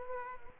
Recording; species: mosquito wingbeat signal from an infrared sensor; Culex quinquefasciatus